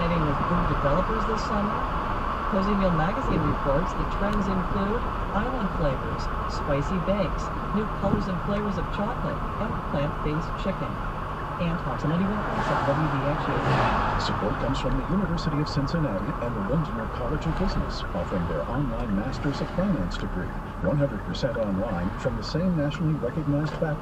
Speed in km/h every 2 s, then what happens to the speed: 56, 52, 47, 42, 40, 40, 39, 40, 40, 35, 27, 23.
0-6 slows to 42. 6-16 steady at about 40. 16-24 slows to 23.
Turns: 17-22.